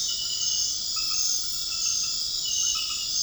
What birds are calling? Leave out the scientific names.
none